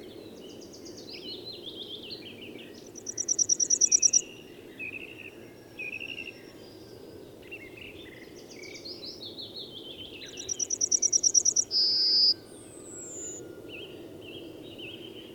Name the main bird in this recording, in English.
Yellowhammer